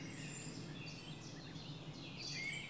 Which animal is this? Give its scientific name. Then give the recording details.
Phylloscopus collybita. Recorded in Germany. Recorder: ecoPi